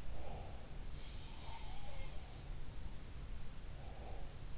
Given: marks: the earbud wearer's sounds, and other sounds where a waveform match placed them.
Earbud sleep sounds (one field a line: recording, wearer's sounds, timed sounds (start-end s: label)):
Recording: sounds in sleep by an in-ear microphone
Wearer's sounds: breath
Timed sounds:
0.00-0.88 s: breath
1.15-2.44 s: sound from someone else or the room
3.43-4.54 s: breath